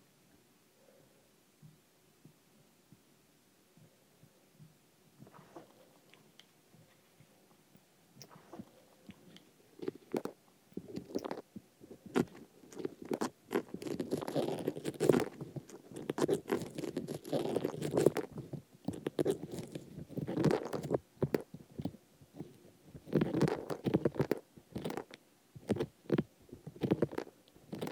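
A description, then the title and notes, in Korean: Sesame seeds are poured and rolled close to the ear, starting with faint scattered ticks and soft rustles. From about ten seconds the crackling grows dense and crunchy, with bright gritty bursts and brief pauses near 22 and 27 seconds. 귀에 참깨 넣는 소리.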